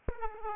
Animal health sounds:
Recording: mosquito wingbeat signal from an infrared sensor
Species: Aedes aegypti

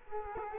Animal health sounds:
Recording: mosquito wingbeat signal from an infrared sensor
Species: Culex quinquefasciatus

